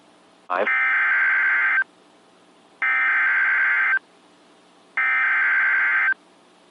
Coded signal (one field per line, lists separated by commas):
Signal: Emergency Alert System (SAME) tones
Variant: header bursts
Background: speech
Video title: EAS #1052-1060 (8/13/21)